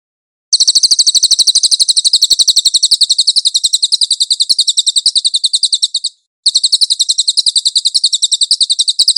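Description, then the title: Cililin song: a long, high, rapid stream of sharp buzzy pulses held at an even pitch, breaking briefly after about six seconds, then resuming at once. No other sounds. "SUARA BURUNG CILILIN"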